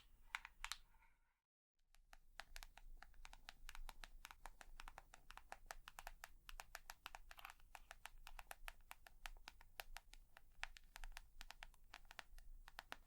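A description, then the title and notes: Quick, crisp tapping, like fingertips on a hard surface, runs almost continuously with a brief silent gap near 1.5 seconds. The taps come fast and slightly uneven, bright, over a low steady hum. ASMR 100% Tapping for EXTREME tingles & sleep (No Talking).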